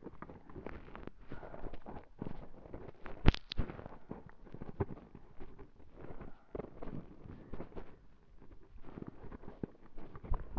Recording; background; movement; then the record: deep breathing; quiet; walking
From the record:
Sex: female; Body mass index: 18.8 kg/m2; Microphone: on the chest, facing the body